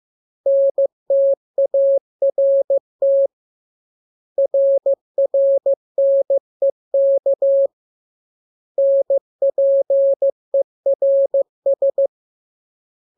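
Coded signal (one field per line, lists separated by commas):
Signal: Morse code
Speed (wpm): 15 wpm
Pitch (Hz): 550 Hz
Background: none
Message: NTART RRNEK NPERS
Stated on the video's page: Morse lesson drill for letters KMURESNAPT, opened with VVV and a section sign, closed with AR.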